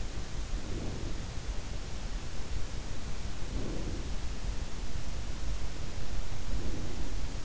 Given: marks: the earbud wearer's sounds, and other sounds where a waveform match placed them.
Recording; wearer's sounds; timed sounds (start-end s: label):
sounds in sleep by an in-ear microphone; breath
0.38-1.34 s: breath
3.27-4.34 s: breath
6.38-7.38 s: breath